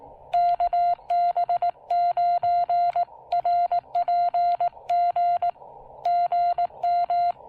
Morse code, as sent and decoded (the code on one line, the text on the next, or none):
-.- -... ----. .-. .--. --. / --. --
KB9RPG GM